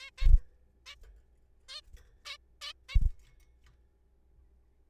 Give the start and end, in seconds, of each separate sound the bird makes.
0.01-0.10, 0.18-0.27, 0.86-0.95, 1.69-1.81, 2.25-2.37, 2.62-2.73, 2.89-2.97